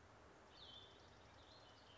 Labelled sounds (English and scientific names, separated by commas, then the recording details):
Cassin's Vireo (Vireo cassinii)
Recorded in Sonoma County, California